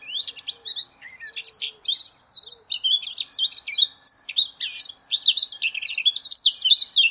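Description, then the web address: Eurasian blackcap pouring out a fast, rich warble of tangled chirps and whistles, nearly unbroken, with a few faint low notes early on. "cianscape birddata Deverinetal 2025"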